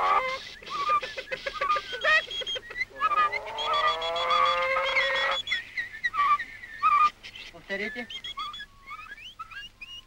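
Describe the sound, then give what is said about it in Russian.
Scouts in training imitate birds and animals with their voices: a string of whistled chirps, warbling trills and a drawn-out, crowing call like a rooster, overlapping in quick bursts with rising and falling pitch. “Разведчики тренируются, изображая звуки птиц и животных.”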